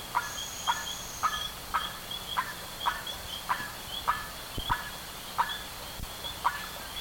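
Bird calls: short, harsh notes with stacked harmonics repeated about every half second, over a steady high-pitched hum, with a thin whistle near the start.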